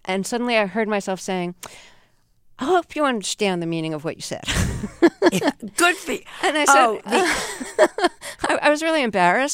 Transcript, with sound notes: And suddenly I heard myself saying, I hope you understand the meaning of what you said.
(LAUGHTER)
Good for you. Oh.
And I said...
(LAUGHTER)
I was really embarrassed